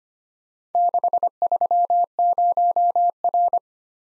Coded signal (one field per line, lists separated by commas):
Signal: Morse code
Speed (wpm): 25 wpm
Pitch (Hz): 700 Hz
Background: none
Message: 630R